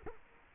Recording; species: mosquito wingbeat signal from an infrared sensor; Culex quinquefasciatus